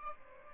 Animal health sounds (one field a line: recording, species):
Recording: mosquito wingbeat signal from an infrared sensor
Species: Aedes albopictus